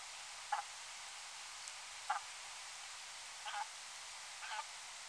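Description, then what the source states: Brant calls: four clipped honks spaced a second or more apart, the later ones softer and more drawn out, amid continuous hiss. At Danby on 11 October 2019 at 01:57.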